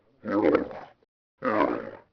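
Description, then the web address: Camel giving two rough, throaty groaning calls with a brief pause between them. "nakigoe rakuda"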